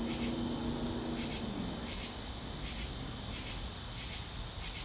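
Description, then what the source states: Cricket chorus with a constant high-pitched trill and repeated pulsed chirps over low background noise. Crickets on a southern summer evening.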